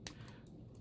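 A plastic weapon-storage part is pushed onto a plastic peg on a Gunpla model kit, expected to be only a friction fit. A sharp snap at 0.1 s shows it clicking into place, followed by two faint ticks around 0.5 and 0.8 s. The part is seated.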